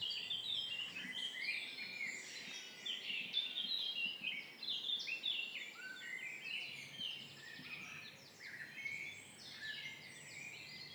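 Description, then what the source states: Birds singing in a crowded chorus, continuous high chirps, warbles and rapid trills layered over one another throughout. Birds singing at dawn in front of the entrance of the abandoned Hennocque quarries, Méry-sur-Oise, France.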